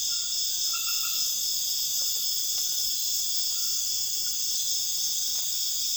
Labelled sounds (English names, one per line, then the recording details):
none
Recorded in dense forest near Puerto Asís, Putumayo, Colombia, on 9 March 2025 at 03:00
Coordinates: 0.481, -76.323
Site G088